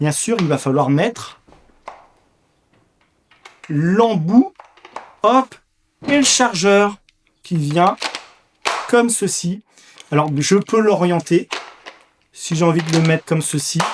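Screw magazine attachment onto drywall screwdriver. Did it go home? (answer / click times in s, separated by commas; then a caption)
yes / 8.7 s. A plastic collated-screw magazine attachment is pushed onto the nose of a drywall screwdriver that is already fitted with the extension tube and bit. It seats with a single sharp snap at 8.7 s. Someone talks throughout, with a few small handling taps early on.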